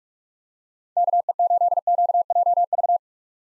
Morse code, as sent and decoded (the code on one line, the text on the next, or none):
-.- . ---.. --.- .--- ...-
KE8QJV